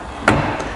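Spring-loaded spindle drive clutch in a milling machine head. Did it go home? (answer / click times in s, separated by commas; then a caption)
yes / 0.3 s. After the high/low lever on a belt-drive Bridgeport milling machine head with a 42-inch table is shifted to high, the spindle is turned by hand. At 0.3 s, the spring-loaded spindle drive clutch gives a sharp, broadband pop as its springs push the drive back into engagement, followed by a brief fading low rumble. The drive is seated and locked in.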